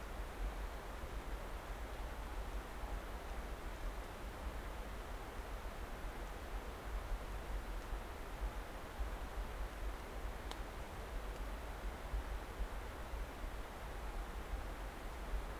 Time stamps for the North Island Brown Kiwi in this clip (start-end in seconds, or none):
none